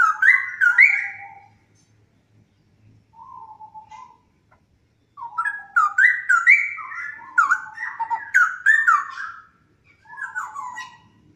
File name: Straw headed bulbul